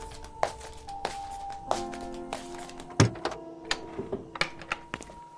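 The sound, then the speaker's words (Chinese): A front door being opened for a courier delivering two parcels: scattered clicks and knocks, with one heavier thunk midway, over a steady low hum and faint tonal ringing. No one speaks. “嗯，我去开门。”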